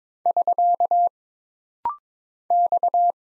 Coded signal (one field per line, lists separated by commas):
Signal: Morse code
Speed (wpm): 22 wpm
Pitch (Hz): 700 Hz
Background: none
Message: <SK> X